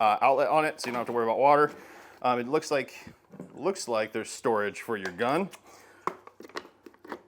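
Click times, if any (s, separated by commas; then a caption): 6.1 s. Someone talks for most of the clip, then an Adams Polishes compact pressure washer (1500 PSI, 1.2 GPM) spray gun is pressed into the plastic storage holder on the side of the unit's body. It seats with a sharp click at 6.1 s, followed by a few softer handling ticks.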